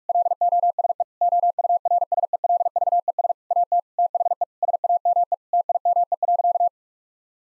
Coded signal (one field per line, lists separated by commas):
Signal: Morse code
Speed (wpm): 41 wpm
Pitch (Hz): 700 Hz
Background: none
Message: LOSE OURSELVES AT THE SAME TIME.